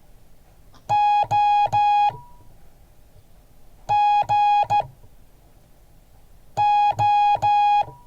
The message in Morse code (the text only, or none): OGO